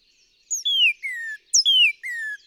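Northern cardinal song in two-part phrases: a clear falling whistle answered by a lower, nearly level whistle, given twice.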